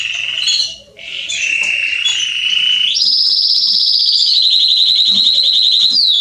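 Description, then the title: Canary song, a varied phrase opening with short notes, then a low rolling trill that jumps to a higher, rapid, evenly pulsed trill. Male Belgian canary singing a lot, used to warm up and train young canaries. "Canary Training Esquente Seu Filhote E Canario Belga Macho Cantando Muito CANTO DO CANRIO"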